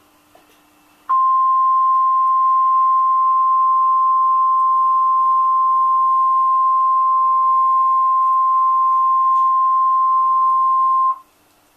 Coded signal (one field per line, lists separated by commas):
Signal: Emergency Alert System (SAME) tones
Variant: 1050 Hz attention tone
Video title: EAS #611: Tornado Warning (4/17/2013)